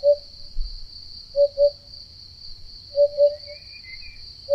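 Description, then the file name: Eurasian hoopoe song: soft hollow hoots in short groups, over a steady high insect trill and a faint bird call. "Chant-de-la-Huppe-fasciée-Upupa-Epops"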